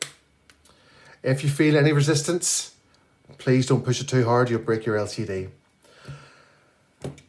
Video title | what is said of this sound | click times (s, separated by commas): iPhone 6S Screen Replacement Guide | you'll hear it click into place around the side | 0.0 s